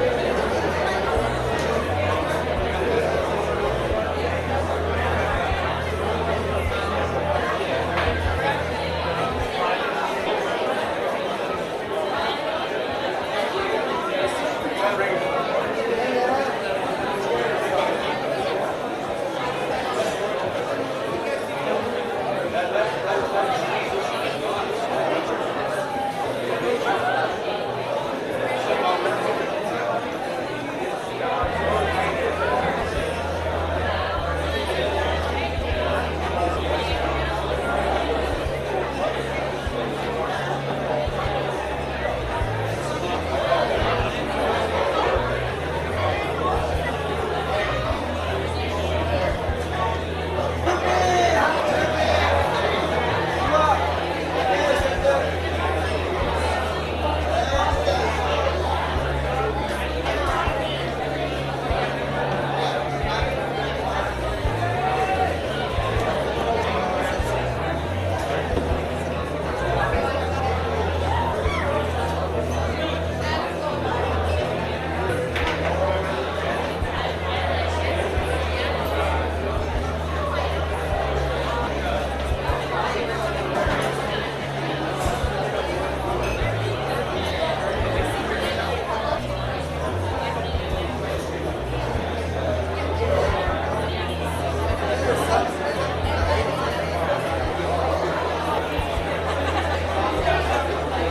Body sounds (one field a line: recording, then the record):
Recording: background sound without coughing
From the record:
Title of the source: CITY SOUNDS Busy Bar in the Evening Night - 2 HOURS of Ambiance for Relaxation